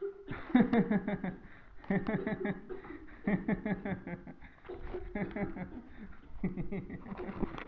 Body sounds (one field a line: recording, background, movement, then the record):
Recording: laughter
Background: a bystander coughing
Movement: sitting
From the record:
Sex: male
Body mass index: 22.0 kg/m2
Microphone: on the chest, facing the body